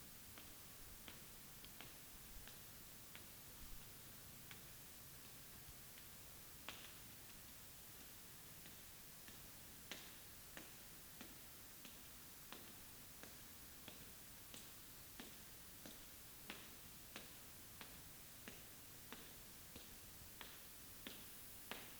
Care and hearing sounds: daily activity, guitar pickup as the sensor; walk

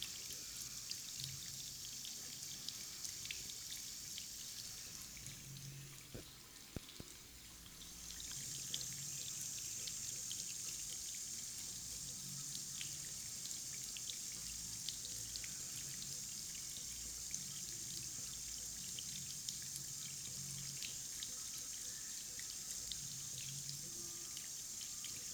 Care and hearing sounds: daily activity, guitar pickup as the sensor; wash hands

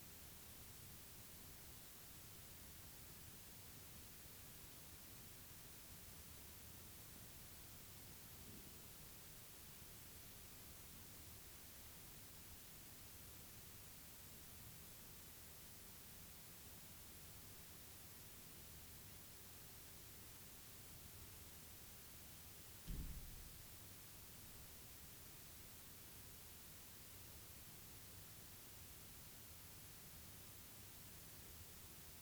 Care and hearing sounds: daily activity, guitar pickup as the sensor; lie down

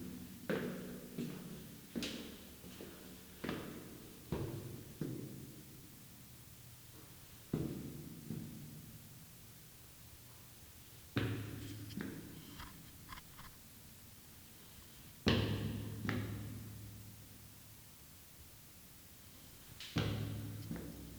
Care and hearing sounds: daily activity, guitar pickup as the sensor; go upstairs

